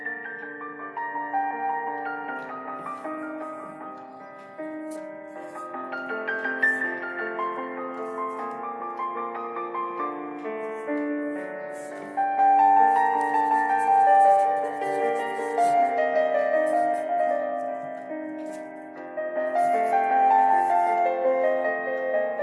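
Slow, dark music fills the whole clip, with sustained low and middle notes that shift gently and swell louder around the midpoint and again near the end. Faint, sparse scratchy ticks flicker above the music at irregular moments.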